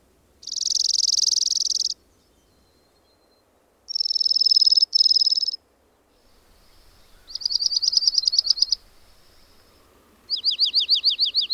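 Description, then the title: Bird song of high buzzy phrases, two long hissing bursts followed by two rapid rattling trills of repeated notes, with quiet gaps between each phrase. "BIrd Luar Ngri"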